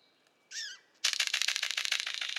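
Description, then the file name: Golden bowerbird giving one descending slurred note, then a loud, harsh, buzzy rattle that carries to the end. "Prionodura Newtoniana"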